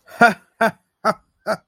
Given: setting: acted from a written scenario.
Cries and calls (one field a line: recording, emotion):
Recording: vocal sound without words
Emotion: amusement